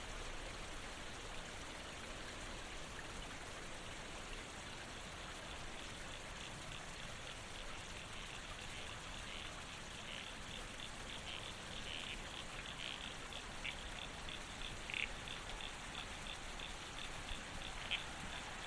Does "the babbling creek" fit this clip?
yes